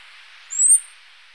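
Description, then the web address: Orange-breasted Fruiteater call: one brief, piercing, thin whistle rising slightly in pitch, heard alone against faint background hiss. Recorded in Ecuador. "Birds of Ecuador. Orange-breasted Fruiteater"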